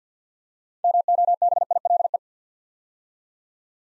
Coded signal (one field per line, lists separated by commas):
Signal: Morse code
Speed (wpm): 48 wpm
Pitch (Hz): 700 Hz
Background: none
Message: MOBILE